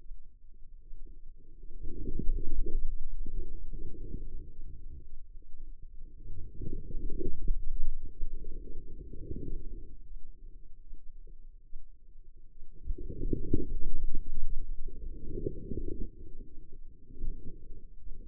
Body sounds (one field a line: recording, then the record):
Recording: forearm muscle sounds (acoustic myography)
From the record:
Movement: outward rotation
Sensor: system 2, bracelet of six BSWA MPA416 microphones around the upper forearm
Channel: 2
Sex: female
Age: 25 years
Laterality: right